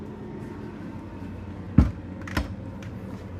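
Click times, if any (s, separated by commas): none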